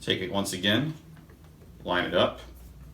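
A plastic propeller is lined up on the motor mount of a DJI Mavic Pro drone, ready to be pressed down and turned to twist-lock, while someone talks. Between the two bursts of speech there is only quiet handling with a faint tick near 1.2 seconds. The propeller has not yet seated or locked.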